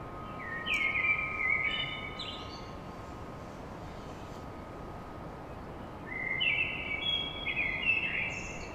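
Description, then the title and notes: Common blackbird song in two bursts: clear descending whistled notes, a long pause, then another mellow phrase with a high flourish, over a faint hum. Recorded at dawn in Paris. "Blackbird Poetry At Paris. Enregistrement d'un chant de merle à l'aube dans Paris"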